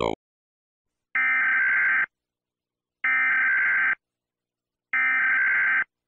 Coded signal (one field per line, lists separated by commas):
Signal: Emergency Alert System (SAME) tones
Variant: header bursts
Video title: EAS Scenario - No Way Out (REMAKE)